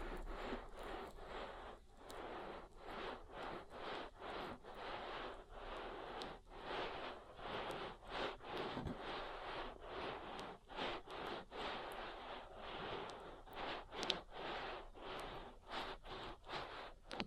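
An oil ear massage, with steady, repeated rubbing and squishing strokes pressed against the ear. The strokes come in quick, even pulses about twice a second, each a soft, hissy swish with brief pauses between, continuing at the same level throughout.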